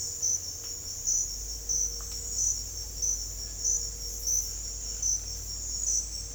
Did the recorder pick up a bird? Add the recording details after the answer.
no. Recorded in secondary vegetation near Puerto Asís, Putumayo, Colombia, on 21 December 2024 at 07:00. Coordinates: 0.484, -76.319. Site GP06